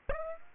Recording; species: mosquito wingbeat signal from an infrared sensor; Aedes aegypti